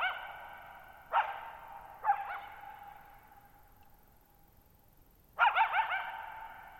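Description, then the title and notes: Coyote barking: two sharp yelping barks with long echoing tails, then a burst of quick yips near the end, in a very quiet night. One coyote at night, July 14, 2019, near Thirtymile Meadows, Okanogan National Forest, Okanogan High Country, Pacific Northwest, 6400 ft (1950 m), shallow bowl-shaped meadow on a high dry plateau. "Lone Coyote at Thirtymile Meadows. night of July 14, 2019, camped near Thirtymile Meadows in the Okanogan National Forest at 6400 ft (1950 m)"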